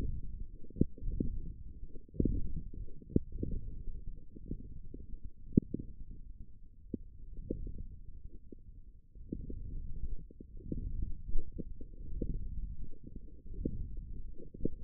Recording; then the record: forearm muscle sounds (acoustic myography)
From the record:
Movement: wrist flexion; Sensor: system 1, eight BSWA MPA416 microphones around the upper forearm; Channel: 7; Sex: male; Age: 21 years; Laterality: right